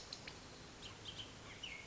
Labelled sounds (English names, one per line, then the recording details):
Bullock's Oriole
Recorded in Sonoma County, California